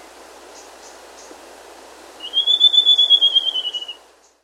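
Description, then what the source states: Slate-crowned antpitta call: after two seconds of quiet hiss, a fast high-pitched pulsed trill runs for nearly two seconds, level at first, then dropping slightly and tapering off. Recorded in South America.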